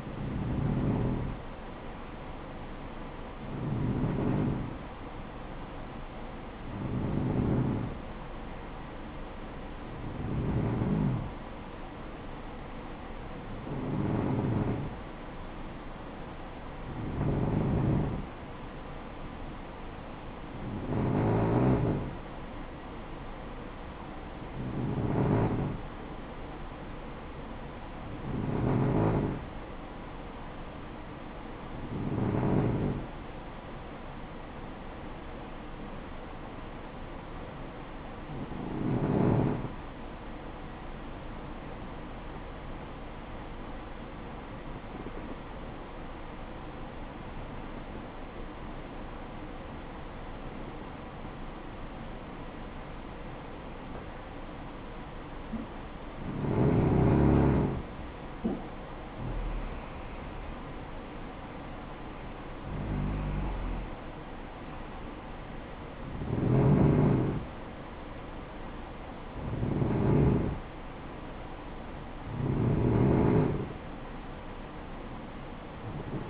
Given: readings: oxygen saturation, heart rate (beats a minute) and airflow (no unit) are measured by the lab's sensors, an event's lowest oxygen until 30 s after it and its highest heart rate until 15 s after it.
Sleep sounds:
breathing in sleep by a voice recorder at the bedside; 1
10.00-70.00 s: new sleep stage, N2 (light sleep)
43.00-59.20 s: hypopnea (N2, oxygen 94% highest, then 90% lowest, heart rate 61 at the start, 63 highest)
70.00-76.30 s: new sleep stage, N1 (lightest sleep)
From the record:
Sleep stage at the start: N1 (lightest sleep); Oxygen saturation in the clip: 90 to 94%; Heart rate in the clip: 56 to 63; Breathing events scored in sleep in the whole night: 573 in 9.8 hours asleep

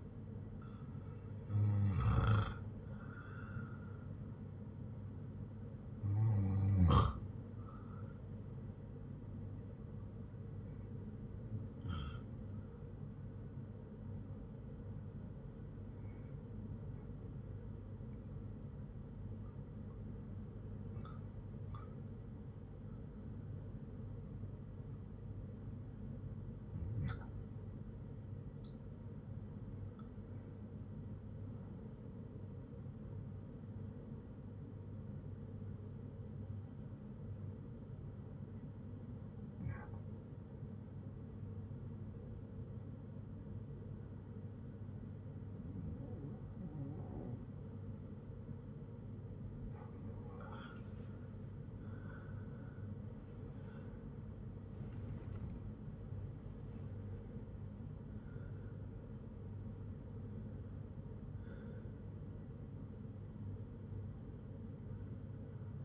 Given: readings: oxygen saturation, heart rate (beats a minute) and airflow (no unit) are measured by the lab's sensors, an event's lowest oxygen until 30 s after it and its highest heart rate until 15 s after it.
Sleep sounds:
breathing in sleep by a smartphone at the bedside; 1
25.00-52.80 s: hypopnea (REM, oxygen 95% highest, then 90% lowest, heart rate 59 at the start, 86 highest)
58.00-65.85 s: new sleep stage, N1 (lightest sleep)
From the record:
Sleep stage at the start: REM sleep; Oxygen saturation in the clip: 89 to 96%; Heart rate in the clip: 56 to 86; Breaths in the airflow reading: 13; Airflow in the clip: -8.1 to 10.0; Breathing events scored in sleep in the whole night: 182 in 7.4 hours asleep

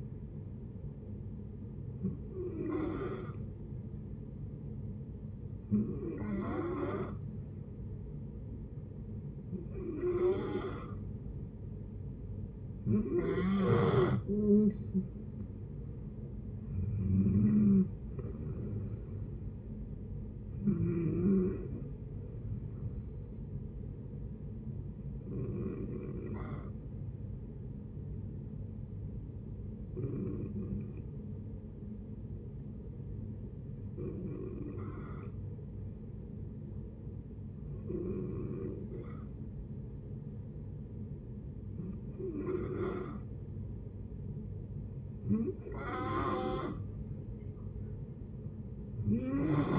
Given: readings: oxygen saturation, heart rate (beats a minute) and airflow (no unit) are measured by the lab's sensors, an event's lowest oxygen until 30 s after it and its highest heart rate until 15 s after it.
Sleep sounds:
breathing in sleep by a smartphone at the bedside; 2
3.00-14.40 s: hypopnea (N2, oxygen 91% highest, then 90% lowest, heart rate 67 at the start, 75 highest)
30.00-45.60 s: hypopnea (N2, oxygen 94% highest, then 88% lowest, heart rate 62 at the start, 68 highest)
From the record:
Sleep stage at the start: N2 (light sleep); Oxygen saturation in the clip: 88 to 94%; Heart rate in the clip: 60 to 75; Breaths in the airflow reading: 12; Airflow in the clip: -7.6 to 10.1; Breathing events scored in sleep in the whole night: 496 in 5.4 hours asleep

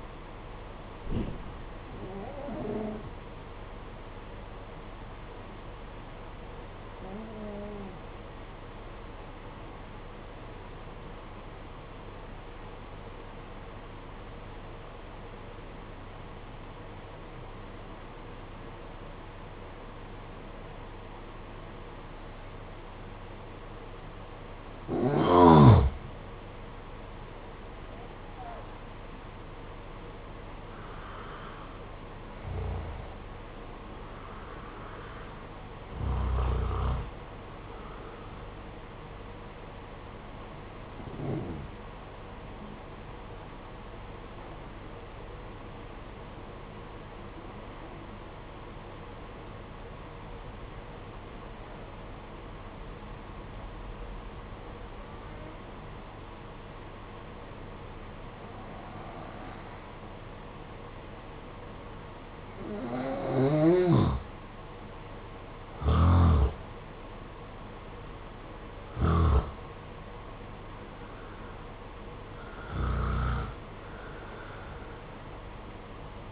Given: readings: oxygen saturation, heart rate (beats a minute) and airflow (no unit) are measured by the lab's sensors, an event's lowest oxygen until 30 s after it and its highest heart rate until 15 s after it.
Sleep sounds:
breathing in sleep by a voice recorder at the bedside; 2
5.00-25.20 s: hypopnea (N1, oxygen 95% highest, then 86% lowest, heart rate 50 at the start, 63 highest)
5.00-76.31 s: new sleep stage, N2 (light sleep)
42.00-62.70 s: obstructive apnea (N2, oxygen 95% highest, then 87% lowest, heart rate 52 at the start, 67 highest)
From the record:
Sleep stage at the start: N1 (lightest sleep); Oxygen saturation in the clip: 86 to 95%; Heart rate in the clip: 50 to 67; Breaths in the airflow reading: 11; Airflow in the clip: -8.2 to 9.1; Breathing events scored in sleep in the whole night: 476 in 9.7 hours asleep

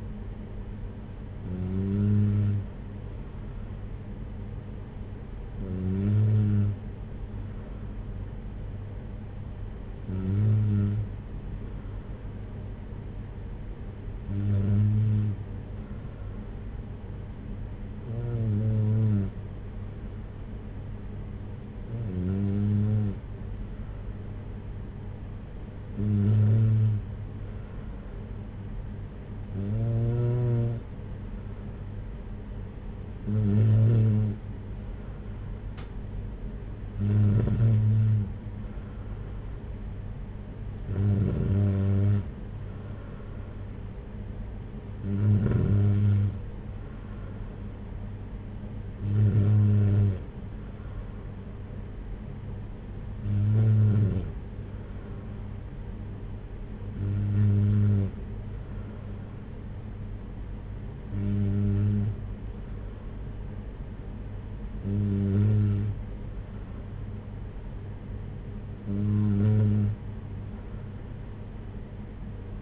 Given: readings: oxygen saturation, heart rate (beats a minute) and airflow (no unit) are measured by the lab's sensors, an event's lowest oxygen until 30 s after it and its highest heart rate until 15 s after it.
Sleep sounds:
breathing in sleep by a smartphone at the bedside; none
none scored
From the record:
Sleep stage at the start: N3 (deep sleep); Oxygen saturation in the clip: 93 to 94%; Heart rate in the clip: 55 to 61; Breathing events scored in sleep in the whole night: 226 in 8.8 hours asleep

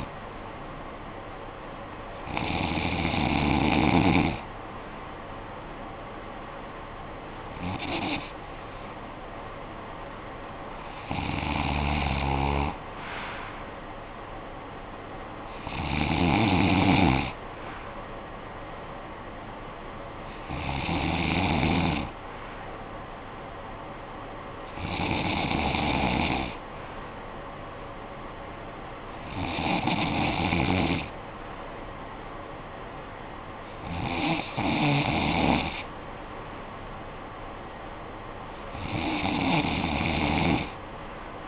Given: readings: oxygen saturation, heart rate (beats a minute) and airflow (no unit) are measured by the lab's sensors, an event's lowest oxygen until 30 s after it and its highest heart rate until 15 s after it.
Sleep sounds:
breathing in sleep by a voice recorder at the bedside; none
25.00-41.48 s: new sleep stage, N3 (deep sleep)
From the record:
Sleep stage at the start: N2 (light sleep); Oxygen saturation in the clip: 93 to 95%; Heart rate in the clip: 50 to 63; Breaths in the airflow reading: 10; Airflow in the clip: -11.2 to 6.1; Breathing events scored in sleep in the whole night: 445 in 7.6 hours asleep

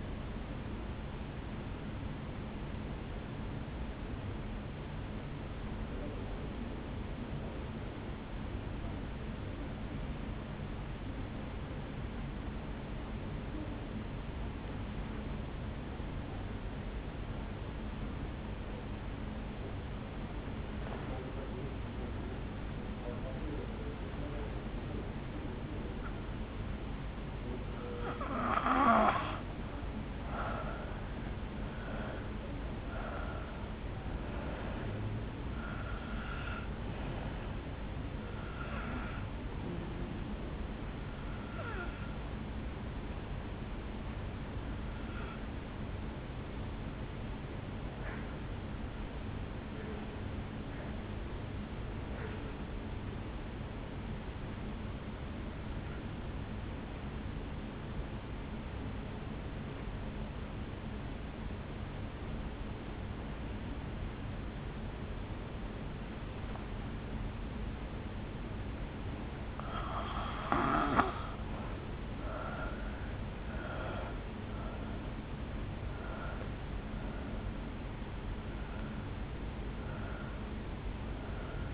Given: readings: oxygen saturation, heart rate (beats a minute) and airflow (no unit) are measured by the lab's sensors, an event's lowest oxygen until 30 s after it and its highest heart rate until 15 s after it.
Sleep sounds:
breathing in sleep by a voice recorder at the bedside; 2
4.00-30.60 s: obstructive apnea (N1, oxygen 98% highest, then 84% lowest, heart rate 50 at the start, 71 highest)
26.00-81.74 s: new sleep stage, N2 (light sleep)
54.00-69.40 s: obstructive apnea (N2, oxygen 96% highest, then 83% lowest, heart rate 56 at the start, 74 highest)
From the record:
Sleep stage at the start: N1 (lightest sleep); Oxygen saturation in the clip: 83 to 98%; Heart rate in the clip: 50 to 74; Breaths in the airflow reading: 10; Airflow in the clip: -8.8 to 6.4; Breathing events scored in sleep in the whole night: 449 in 7.0 hours asleep

